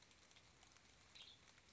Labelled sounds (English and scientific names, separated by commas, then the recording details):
Western Tanager (Piranga ludoviciana)
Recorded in Sonoma County, California